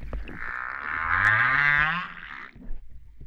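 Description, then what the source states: Humpback whale cry: a single rough, harmonic call of about two and a half seconds, with a low tone rising beneath it, then quiet. Recorded off Réunion on 13 September 2011 at 08:35:04.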